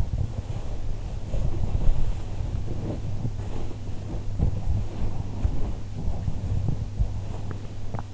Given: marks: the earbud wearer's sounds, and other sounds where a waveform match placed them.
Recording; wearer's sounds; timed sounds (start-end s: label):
sounds in sleep by an in-ear microphone; body movement
0.00-8.14 s: body movement